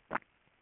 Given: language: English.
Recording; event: throat vibration sensor signal played as sound; swallow